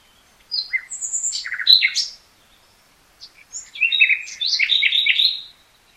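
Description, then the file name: Common nightingale song with two phrases: high whistles and a quick stuttered series of notes, a brief gap, then a rich jumbled phrase of rapid warbled notes. "Luscinia megarhynchos"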